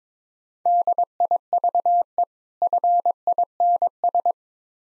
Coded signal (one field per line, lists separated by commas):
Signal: Morse code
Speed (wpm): 21 wpm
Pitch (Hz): 700 Hz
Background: none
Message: DIVE FINS